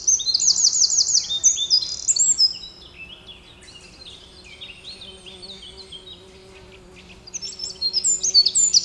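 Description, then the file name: Eurasian wren song: a loud, rapid trill of high notes, softer scattered chirps in the middle, then another strong trilled burst; a faint low hum underneath. "Troglodytes troglodytes"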